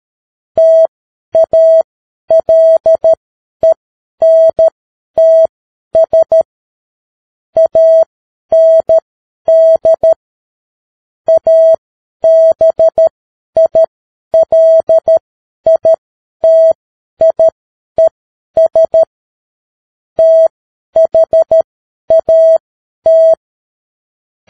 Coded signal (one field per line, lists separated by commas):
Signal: Morse code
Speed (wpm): 13 wpm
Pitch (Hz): 650 Hz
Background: none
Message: TALENTS AND ABILITIES THAT